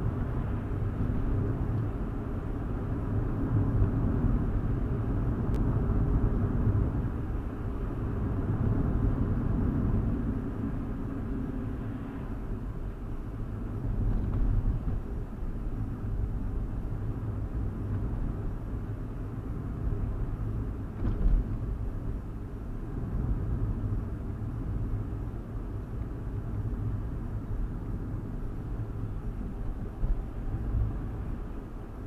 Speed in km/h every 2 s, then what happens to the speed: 58, 58, 58, 58, 58, 47, 42, 44, 45, 44, 44, 42, 42, 42, 40, 45.
0-8 steady at about 58. 8-11 brakes to 42. 11-32 steady at about 42.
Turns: none.